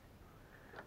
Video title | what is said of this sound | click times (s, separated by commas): How to install New RAM into a Desktop Computer | You hear the click, click, click, like that, and that's how you install RAM. | 0.8 s